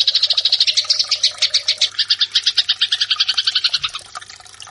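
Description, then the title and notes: Eurasian tree sparrow giving fast, harsh chattering chirps in a steady run that fades out near the end. Fighting-style call (tarung) used for training birds. "MASTER GEREJA TARUNG. burung gereja"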